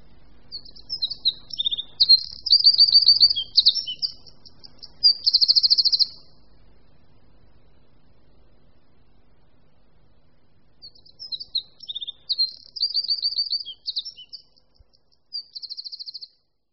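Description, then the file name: Eurasian wren belting out two energetic song bursts of sharp, high chattering notes and quick trills, separated by several seconds of quiet. "Střízlík-obecný"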